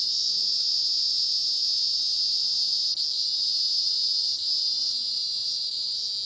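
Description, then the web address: Hieroglyphic cicada song, an unbroken loud high buzz with two brief dips, sustained throughout. North American insect. "Songs of Insects. Hieroglyphic Cicada"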